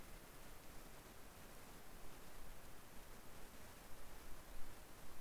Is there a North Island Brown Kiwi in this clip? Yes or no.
no